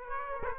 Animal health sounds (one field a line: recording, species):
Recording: mosquito wingbeat signal from an infrared sensor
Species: Aedes aegypti